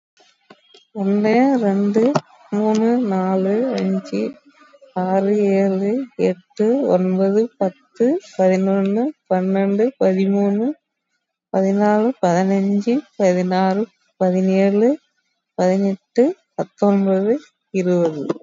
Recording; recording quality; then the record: counting at a normal pace; excellent, no background noise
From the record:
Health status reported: COVID-19 positive, mild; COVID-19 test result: positive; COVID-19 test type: RT-PCR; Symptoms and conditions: cough, fatigue, loss of smell and taste, hypertension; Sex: female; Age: 48 years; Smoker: no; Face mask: worn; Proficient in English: yes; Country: India